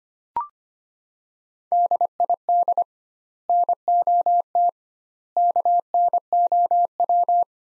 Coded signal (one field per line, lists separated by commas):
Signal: Morse code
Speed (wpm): 25 wpm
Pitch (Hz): 700 Hz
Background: none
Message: DID NOT KNOW